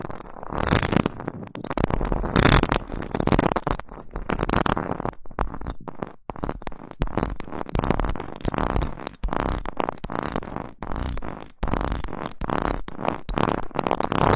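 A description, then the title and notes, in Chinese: Fingers scratch and rub directly on a microphone, loud, in quick irregular strokes with almost no pauses across the whole clip. The scraping is rough and full, with low thumps underneath, and it briefly drops out around the six-second mark before resuming. 手指抓挠话筒。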